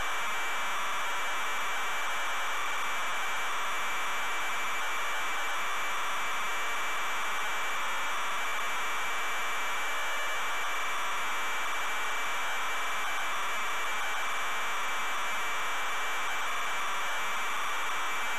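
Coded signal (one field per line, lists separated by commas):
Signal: ZX Spectrum tape loading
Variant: ZX Spectrum cassette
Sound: steady harsh screeching data noise throughout, with a thin constant high whine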